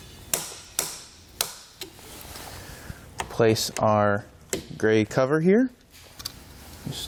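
A torque wrench tightens the lower bolt, the second bolt, of a Yakima RidgeLine roof rack set up for flush rails on a 2019 Toyota Tacoma. It gives three sharp clicks at 0.3, 0.8 and 1.4 seconds, showing the bolt has reached torque. Someone then talks.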